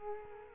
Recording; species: mosquito wingbeat signal from an infrared sensor; Culex quinquefasciatus